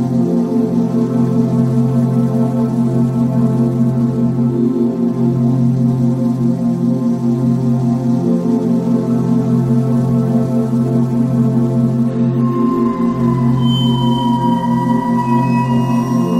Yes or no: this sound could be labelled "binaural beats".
yes